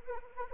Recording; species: mosquito wingbeat signal from an infrared sensor; Anopheles arabiensis